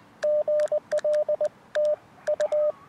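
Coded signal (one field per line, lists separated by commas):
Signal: Morse code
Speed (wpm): 20 wpm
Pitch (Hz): 590 Hz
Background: radio noise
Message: GL TU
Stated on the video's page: Beginner's relaxed 10 MHz CW contacts, exchanging QTH and name, using an inverted-V dipole from a riverbank portable station.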